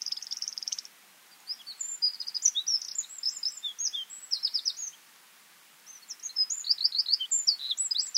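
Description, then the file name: Eurasian wren: a buzzy trill, a short pause, a lively run of high chirps and rattles, another pause, then a further rapid trilled phrase. "Troglodytes troglodytes"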